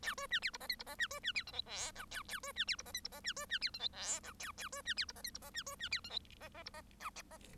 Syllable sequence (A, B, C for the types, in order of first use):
A B C D E F G E F C B C D H I J K A A B C D E F G E F C B C D H I J K A A B C D E F G E F C B C D H I F F E F K